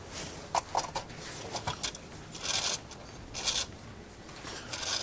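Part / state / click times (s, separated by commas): winding ratchet in a clockwork toy train motor / not seated / none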